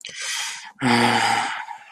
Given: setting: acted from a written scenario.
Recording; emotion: vocal sound without words; embarrassment